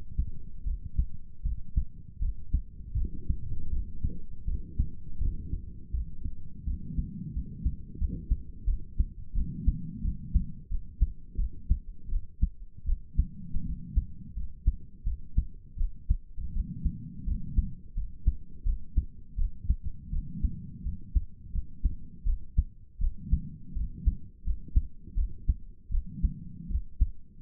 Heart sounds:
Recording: heart sounds by stethoscope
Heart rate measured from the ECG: 83 bpm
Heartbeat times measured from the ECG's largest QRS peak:
0.65 s: heartbeat
1.44 s: heartbeat
2.20 s: heartbeat
2.96 s: heartbeat
3.71 s: heartbeat
4.46 s: heartbeat
5.19 s: heartbeat
5.92 s: heartbeat
6.65 s: heartbeat
7.34 s: heartbeat
7.99 s: heartbeat
8.66 s: heartbeat
9.34 s: heartbeat
10.03 s: heartbeat
10.69 s: heartbeat
11.37 s: heartbeat
12.09 s: heartbeat
12.86 s: heartbeat
13.64 s: heartbeat
14.35 s: heartbeat
15.05 s: heartbeat
15.77 s: heartbeat
16.53 s: heartbeat
17.26 s: heartbeat
17.95 s: heartbeat
18.65 s: heartbeat
19.37 s: heartbeat
20.11 s: heartbeat
20.84 s: heartbeat
21.53 s: heartbeat
22.25 s: heartbeat
23.00 s: heartbeat
23.75 s: heartbeat
24.45 s: heartbeat
25.16 s: heartbeat
25.91 s: heartbeat
26.69 s: heartbeat
27.42 s: heartbeat
From the record:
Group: healthy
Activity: rest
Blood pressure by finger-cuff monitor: 82/54 mmHg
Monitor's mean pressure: 63 mmHg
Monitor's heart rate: 81 bpm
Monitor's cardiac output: 6.6 L/min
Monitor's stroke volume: 80 mL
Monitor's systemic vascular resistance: 680 dyn s/cm5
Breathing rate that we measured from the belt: 18 breaths a minute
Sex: female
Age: 22 years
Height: 163 cm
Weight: 67.1 kg

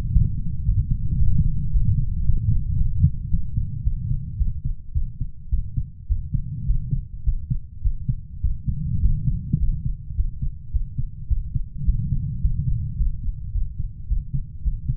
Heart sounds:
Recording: heart sounds by stethoscope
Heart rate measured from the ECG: 107 bpm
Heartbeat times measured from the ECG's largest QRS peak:
0.15 s: heartbeat
0.68 s: heartbeat
1.21 s: heartbeat
1.73 s: heartbeat
2.26 s: heartbeat
2.79 s: heartbeat
3.32 s: heartbeat
3.86 s: heartbeat
4.40 s: heartbeat
4.96 s: heartbeat
5.53 s: heartbeat
6.10 s: heartbeat
6.69 s: heartbeat
7.27 s: heartbeat
7.85 s: heartbeat
8.44 s: heartbeat
9.04 s: heartbeat
9.62 s: heartbeat
10.18 s: heartbeat
10.74 s: heartbeat
11.31 s: heartbeat
11.88 s: heartbeat
12.44 s: heartbeat
12.99 s: heartbeat
13.55 s: heartbeat
14.10 s: heartbeat
14.66 s: heartbeat
From the record:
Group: healthy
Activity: light exercise 0-4 s, rest 4-15 s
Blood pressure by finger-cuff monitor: 174/72 mmHg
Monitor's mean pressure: 97 mmHg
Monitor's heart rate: 107 bpm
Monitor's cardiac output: 10.8 L/min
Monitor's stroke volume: 100 mL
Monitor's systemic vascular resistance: 670 dyn s/cm5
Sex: male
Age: 21 years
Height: 175 cm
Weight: 72.6 kg

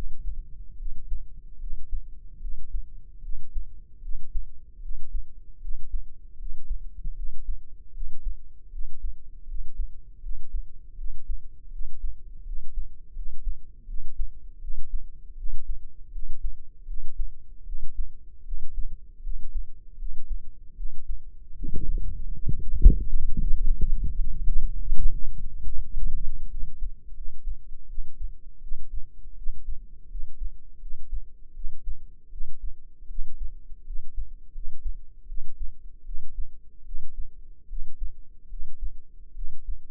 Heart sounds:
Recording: heart sounds by microphone in the left ear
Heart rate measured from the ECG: 79 bpm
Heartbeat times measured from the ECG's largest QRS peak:
0.76 s: heartbeat
1.57 s: heartbeat
2.38 s: heartbeat
3.20 s: heartbeat
3.99 s: heartbeat
4.79 s: heartbeat
5.58 s: heartbeat
6.36 s: heartbeat
7.13 s: heartbeat
7.91 s: heartbeat
8.69 s: heartbeat
9.45 s: heartbeat
10.20 s: heartbeat
10.95 s: heartbeat
11.69 s: heartbeat
12.43 s: heartbeat
13.13 s: heartbeat
13.85 s: heartbeat
14.58 s: heartbeat
15.34 s: heartbeat
16.10 s: heartbeat
16.84 s: heartbeat
17.63 s: heartbeat
18.42 s: heartbeat
19.21 s: heartbeat
19.96 s: heartbeat
20.74 s: heartbeat
21.53 s: heartbeat
22.31 s: heartbeat
23.04 s: heartbeat
23.73 s: heartbeat
24.41 s: heartbeat
25.10 s: heartbeat
25.80 s: heartbeat
26.49 s: heartbeat
27.14 s: heartbeat
27.87 s: heartbeat
28.60 s: heartbeat
29.35 s: heartbeat
30.09 s: heartbeat
30.79 s: heartbeat
31.53 s: heartbeat
32.29 s: heartbeat
33.07 s: heartbeat
33.84 s: heartbeat
34.52 s: heartbeat
35.26 s: heartbeat
36.03 s: heartbeat
36.83 s: heartbeat
37.67 s: heartbeat
38.47 s: heartbeat
39.33 s: heartbeat
From the record:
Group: healthy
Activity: rest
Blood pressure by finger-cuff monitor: 105/70 mmHg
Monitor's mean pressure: 80 mmHg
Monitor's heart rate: 79 bpm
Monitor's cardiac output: 5.8 L/min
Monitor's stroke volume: 73 mL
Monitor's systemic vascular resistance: 1020 dyn s/cm5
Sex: female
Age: 22 years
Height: 160 cm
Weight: 45 kg

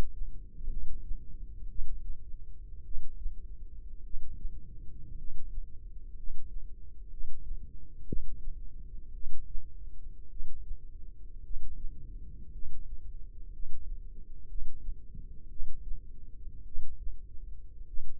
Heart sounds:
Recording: heart sounds by microphone in the left ear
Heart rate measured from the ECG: 56 bpm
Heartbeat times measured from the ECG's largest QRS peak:
0.68 s: heartbeat
1.67 s: heartbeat
2.83 s: heartbeat
4.02 s: heartbeat
5.15 s: heartbeat
6.14 s: heartbeat
7.08 s: heartbeat
8.04 s: heartbeat
9.12 s: heartbeat
10.28 s: heartbeat
11.41 s: heartbeat
12.50 s: heartbeat
13.50 s: heartbeat
14.46 s: heartbeat
15.48 s: heartbeat
16.63 s: heartbeat
17.85 s: heartbeat
From the record:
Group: healthy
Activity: rest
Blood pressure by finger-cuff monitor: 147/62 mmHg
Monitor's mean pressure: 88 mmHg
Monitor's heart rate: 59 bpm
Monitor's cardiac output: 6.6 L/min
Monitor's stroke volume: 114 mL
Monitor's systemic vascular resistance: 980 dyn s/cm5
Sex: male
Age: 25 years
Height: 170 cm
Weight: 70.4 kg

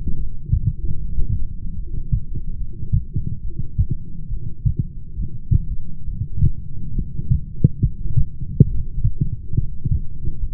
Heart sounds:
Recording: heart sounds by stethoscope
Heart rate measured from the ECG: 70 bpm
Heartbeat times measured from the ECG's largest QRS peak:
0.20 s: heartbeat
1.00 s: heartbeat
1.80 s: heartbeat
2.61 s: heartbeat
3.46 s: heartbeat
4.33 s: heartbeat
5.19 s: heartbeat
6.09 s: heartbeat
6.99 s: heartbeat
7.85 s: heartbeat
8.72 s: heartbeat
9.59 s: heartbeat
10.44 s: heartbeat
From the record:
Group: heart failure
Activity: light exercise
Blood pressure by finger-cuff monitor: 145/79 mmHg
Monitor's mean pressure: 95 mmHg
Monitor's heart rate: 70 bpm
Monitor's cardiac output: 7.4 L/min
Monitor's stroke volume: 103 mL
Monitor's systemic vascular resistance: 920 dyn s/cm5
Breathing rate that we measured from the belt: 22 breaths a minute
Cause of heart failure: familial cardiomyopathy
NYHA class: 1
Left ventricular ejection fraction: 49%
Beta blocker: bisoprolol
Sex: male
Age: 31 years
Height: 194 cm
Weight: 96 kg

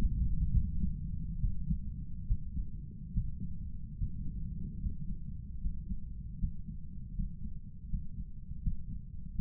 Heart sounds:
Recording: heart sounds by stethoscope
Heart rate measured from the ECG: 75 bpm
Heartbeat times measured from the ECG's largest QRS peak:
0.51 s: heartbeat
1.40 s: heartbeat
2.26 s: heartbeat
3.12 s: heartbeat
3.97 s: heartbeat
4.79 s: heartbeat
5.59 s: heartbeat
6.37 s: heartbeat
7.13 s: heartbeat
7.88 s: heartbeat
8.61 s: heartbeat
9.33 s: heartbeat
From the record:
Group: healthy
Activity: Valsalva maneuver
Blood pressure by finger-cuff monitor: 103/78 mmHg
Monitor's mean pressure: 87 mmHg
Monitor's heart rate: 74 bpm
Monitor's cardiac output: 6.1 L/min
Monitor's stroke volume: 85 mL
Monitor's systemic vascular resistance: 1060 dyn s/cm5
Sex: male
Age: 57 years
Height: 188 cm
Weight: 106 kg

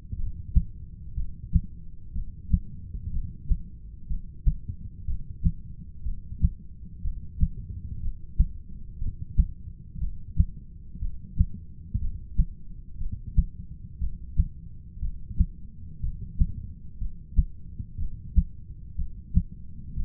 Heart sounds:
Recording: heart sounds by stethoscope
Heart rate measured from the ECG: 61 bpm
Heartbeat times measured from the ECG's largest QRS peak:
0.16 s: heartbeat
1.15 s: heartbeat
2.13 s: heartbeat
3.11 s: heartbeat
4.08 s: heartbeat
5.05 s: heartbeat
6.03 s: heartbeat
7.02 s: heartbeat
8.00 s: heartbeat
8.99 s: heartbeat
9.99 s: heartbeat
10.99 s: heartbeat
12.00 s: heartbeat
12.98 s: heartbeat
13.99 s: heartbeat
15.00 s: heartbeat
16.01 s: heartbeat
16.99 s: heartbeat
17.97 s: heartbeat
18.96 s: heartbeat
19.94 s: heartbeat
From the record:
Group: heart failure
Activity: rest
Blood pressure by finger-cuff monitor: 112/79 mmHg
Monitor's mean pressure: 91 mmHg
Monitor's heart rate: 61 bpm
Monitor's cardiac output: 6.2 L/min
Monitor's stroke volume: 102 mL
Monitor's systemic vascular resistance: 1080 dyn s/cm5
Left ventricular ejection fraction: 25%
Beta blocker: metoprolol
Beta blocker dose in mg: 62.5 twice daily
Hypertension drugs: ramipril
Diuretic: furosemide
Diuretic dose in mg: 40 twice daily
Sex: male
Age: 57 years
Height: 180 cm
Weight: 90.5 kg

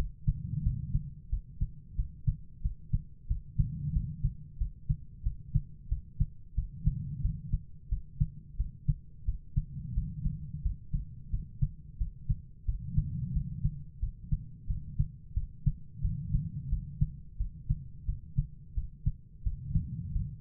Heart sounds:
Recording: heart sounds by stethoscope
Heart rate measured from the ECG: 89 bpm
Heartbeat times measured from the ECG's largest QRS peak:
0.62 s: heartbeat
1.28 s: heartbeat
1.95 s: heartbeat
2.61 s: heartbeat
3.26 s: heartbeat
3.92 s: heartbeat
4.57 s: heartbeat
5.22 s: heartbeat
5.87 s: heartbeat
6.54 s: heartbeat
7.20 s: heartbeat
7.88 s: heartbeat
8.56 s: heartbeat
9.24 s: heartbeat
9.93 s: heartbeat
10.61 s: heartbeat
11.29 s: heartbeat
11.97 s: heartbeat
12.64 s: heartbeat
13.32 s: heartbeat
13.99 s: heartbeat
14.66 s: heartbeat
15.33 s: heartbeat
16.01 s: heartbeat
16.68 s: heartbeat
17.36 s: heartbeat
18.05 s: heartbeat
18.74 s: heartbeat
19.42 s: heartbeat
20.11 s: heartbeat
From the record:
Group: healthy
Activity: rest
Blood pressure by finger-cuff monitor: 108/64 mmHg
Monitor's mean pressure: 80 mmHg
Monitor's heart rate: 89 bpm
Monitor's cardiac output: 6.6 L/min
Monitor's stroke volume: 74 mL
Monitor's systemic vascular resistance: 890 dyn s/cm5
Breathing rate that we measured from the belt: 19 breaths a minute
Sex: female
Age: 43 years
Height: 160 cm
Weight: 90 kg

